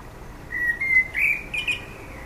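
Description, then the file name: Common blackbird song: a smooth whistled phrase that climbs into brighter warbling notes with a faint high twitter. "Turdus merula"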